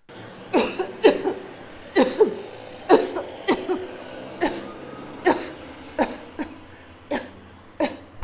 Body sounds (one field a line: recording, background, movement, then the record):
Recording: voluntary coughing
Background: traffic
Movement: sitting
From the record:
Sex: female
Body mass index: 21.8 kg/m2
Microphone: on the chest, facing outward